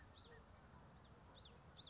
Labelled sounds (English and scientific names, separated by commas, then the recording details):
Common Yellowthroat (Geothlypis trichas)
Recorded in Sonoma County, California